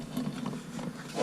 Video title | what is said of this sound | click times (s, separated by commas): 2006-2013 Chevy Impala Fog Light Bulb Replacement - EASY STEPS | and it clicks in place. | 0.5 s